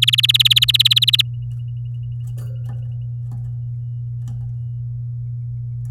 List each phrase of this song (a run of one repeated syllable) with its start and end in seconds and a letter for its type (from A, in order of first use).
0.02-1.22 A